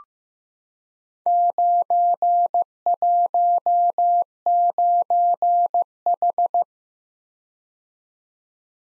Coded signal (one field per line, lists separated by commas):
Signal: Morse code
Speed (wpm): 15 wpm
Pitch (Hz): 700 Hz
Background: none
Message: 919H